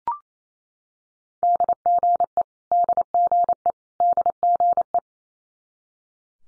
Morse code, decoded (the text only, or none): DGE DGE DGE